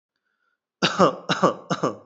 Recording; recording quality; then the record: shallow voluntary cough; excellent, no background noise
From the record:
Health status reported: respiratory illness, not identified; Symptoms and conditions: none ticked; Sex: male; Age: 28 years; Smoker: not ticked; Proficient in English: yes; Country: India